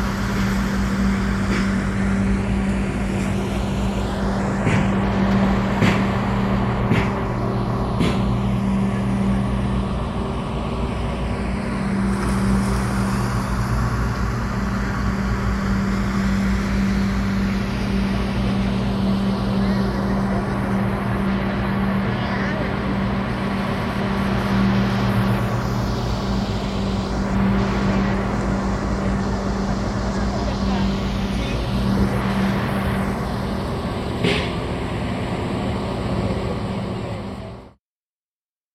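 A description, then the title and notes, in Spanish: Demolition work at a pier, heard as a steady, dense low engine drone with a constant hum that runs the whole 38 seconds before cutting off. Occasional clanks and knocks rise above it, and sweeping whines come and go around 5, 25 and 30 seconds. Demolición Muelle Puerto Colombia 1 by Kellyn Parra Garcia.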